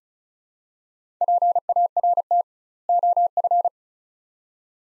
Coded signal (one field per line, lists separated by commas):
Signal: Morse code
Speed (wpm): 36 wpm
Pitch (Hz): 700 Hz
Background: none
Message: PART OF